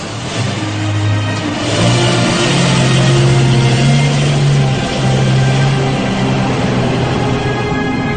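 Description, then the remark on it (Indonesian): A car loaded with bags and suitcases runs loudly and steadily as its passengers set off on a journey, its low engine hum rising and falling in pitch as the vehicle drives off, with a broad rushing noise on top and no voices. “Setelah semua siap, kami pun masuk ke dalam mobil dan perjalanan pun dimulai.”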